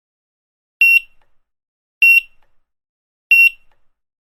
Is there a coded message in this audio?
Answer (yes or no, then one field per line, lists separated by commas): no